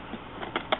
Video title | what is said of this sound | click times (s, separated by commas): Quick Flip Binding Tech | it locks into place and the angle that it pulls on it holds | 0.6 s, 0.7 s